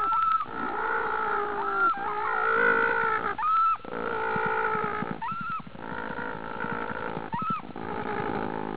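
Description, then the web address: Penguin braying: a chorus of hoarse, drawn-out honks, each phrase starting with a sharp rising note, repeated several times. "lynn penguins"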